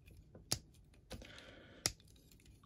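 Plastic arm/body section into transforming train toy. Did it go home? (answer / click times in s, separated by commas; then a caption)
yes / 0.5 s, 1.9 s. A plastic arm and body section of a Shinkalion Z E5 Hayabusa transforming train toy is pushed in until it clicks. Two sharp plastic clicks come at 0.5 s and 1.9 s, with softer rubbing in between. The part seats firmly and sits neatly in place.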